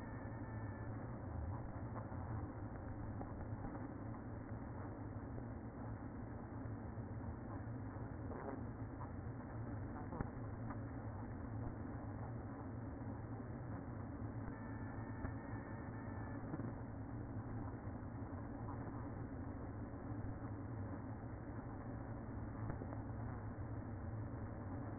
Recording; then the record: honeybee colony, microphone inside the hive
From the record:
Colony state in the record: queen present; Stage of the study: after two queens were removed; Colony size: about 60,000 bees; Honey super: yes